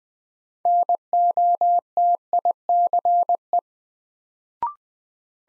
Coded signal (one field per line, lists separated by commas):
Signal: Morse code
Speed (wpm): 20 wpm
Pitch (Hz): 700 Hz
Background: none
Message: NOTICE